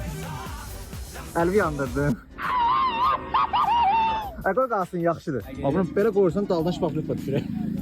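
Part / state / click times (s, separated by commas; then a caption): plastic window deflector into car door window channel / not seated / none. A plastic window deflector is being handled and pressed toward the door window channel of a car while someone talks over background music. Nothing has seated or clicked into place yet.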